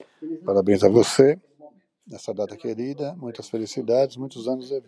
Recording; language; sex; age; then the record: short text; Brazilian Portuguese; male; 50 to 59 years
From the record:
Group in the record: control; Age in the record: 59 years